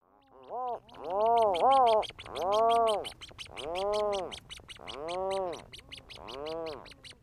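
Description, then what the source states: Rhinoceros auklets giving moaning harmonic calls, each swelling and fading, several in a row, with a dry ticking rattle running above them. Several adults with their chicks, recorded in the middle of a July night on an island in the Strait of Juan de Fuca, Pacific coast.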